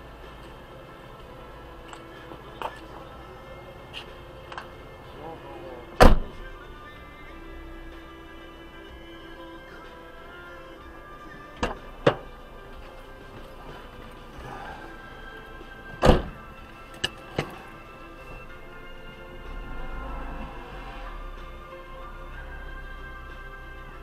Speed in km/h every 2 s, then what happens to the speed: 0, 0, 0, 0, 0, 0, 0, 0, 0, 0, 0, 0.
0-24 standing.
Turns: none.